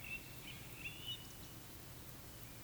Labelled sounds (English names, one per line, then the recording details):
Eurasian Woodcock whistle
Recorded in Baden-Württemberg, Germany, on 13 June 2021 at 19:46 UTC
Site 23718, 552 m above sea level